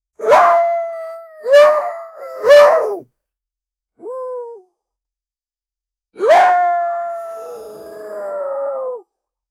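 Wolf howling: three short howls, a brief fainter whine, then one long sustained howl that slowly falls in pitch before fading.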